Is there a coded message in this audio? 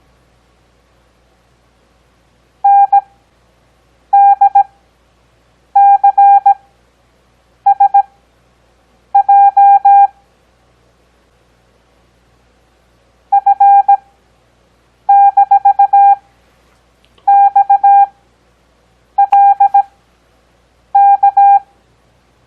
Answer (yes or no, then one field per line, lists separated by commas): yes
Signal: Morse code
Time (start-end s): 2.6-21.6 s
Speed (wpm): 17 wpm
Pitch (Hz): 800 Hz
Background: none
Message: NDCSJ F-XLK